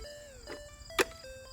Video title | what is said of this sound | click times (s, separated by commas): Installing Goat Fencing & ( Review of “planet friendly” 80v Masterforce Chainsaw) | Clicks right in. | 1.0 s